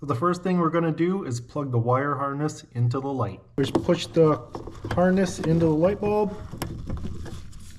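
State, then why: Seated. Someone talks while a plastic wire harness connector is pushed onto a new LED headlight bulb for a 2017–2022 Kia Sportage. After the talk, a short rustle is followed by a sharp click at 7.5 s as the connector's clip rides over the notch and locks the harness into place on the bulb.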